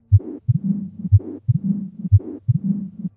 Mitral Stenosis Severe and Regurgitation Mild Rheumatic Origin.